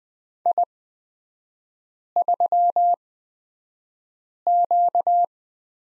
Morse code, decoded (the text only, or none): I3Q